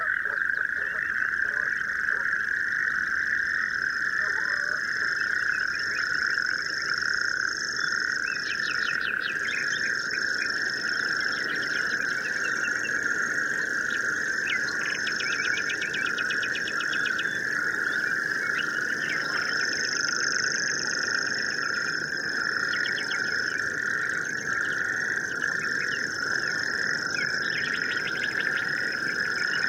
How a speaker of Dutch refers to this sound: Waar die rugstrippadden zitten te zingen, hoor je ook een mooi rateltje aan de kant, hè?